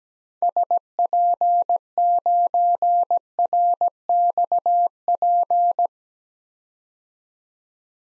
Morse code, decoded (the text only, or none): SP9RXP